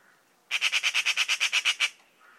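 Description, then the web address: Bird call: around twelve squawky notes delivered fast and evenly. Labelled in a bird-only dataset under the class "Pi Pi Pi Pi", 2025. "Bird Only More Classes Pi Pi Pi Pi"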